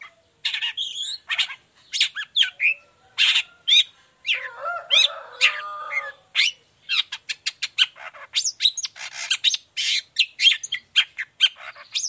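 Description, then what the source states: Long-tailed shrike song: long, dense and varied run of scratchy notes, trills and short whistles, speeding into quick chatter toward the end. Cendet recorded singing in the morning, in full song, with "toet toet" phrases and full variation in a clear voice.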